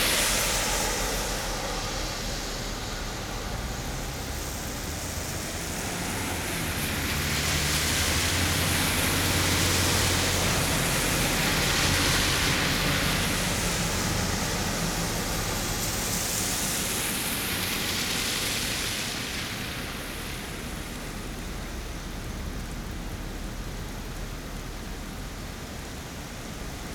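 Cars pass on a rainy day, their tires hissing over wet pavement in a steady rush. Two louder swells build and fade, around the eight and sixteen second marks, over a constant low rumble and a continuous patter of rain.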